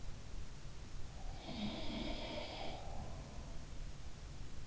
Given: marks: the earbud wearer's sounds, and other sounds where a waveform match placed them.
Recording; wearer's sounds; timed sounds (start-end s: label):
sounds in sleep by an in-ear microphone; breath
1.03-3.28 s: breath
1.46-2.86 s: sound from someone else or the room